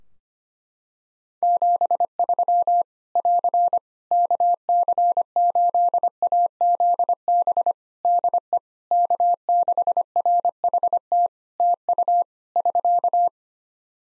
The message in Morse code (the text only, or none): 73 <AR> KC8AZB DE K6RHT TU <SK>